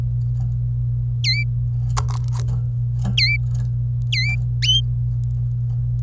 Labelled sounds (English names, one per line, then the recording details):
Domestic Canary song
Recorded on 25 April 2018 at 16:59
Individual llb3